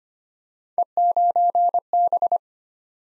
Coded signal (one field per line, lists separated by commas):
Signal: Morse code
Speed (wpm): 25 wpm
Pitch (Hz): 700 Hz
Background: none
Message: E9B